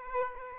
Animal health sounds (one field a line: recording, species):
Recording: mosquito wingbeat signal from an infrared sensor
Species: Aedes aegypti